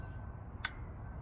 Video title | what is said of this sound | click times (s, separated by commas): How To Use A Biscuit Joiner— Power Tools Made Easy #1, For Beginners | way or the other and you can hear that it kind of clicks into place at | 0.6 s